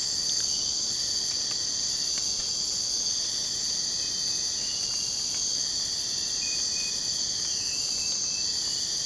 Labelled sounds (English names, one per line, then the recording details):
none
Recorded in secondary vegetation near Puerto Asís, Putumayo, Colombia, on 27 June 2025 at 04:30
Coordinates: 0.484, -76.319
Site G074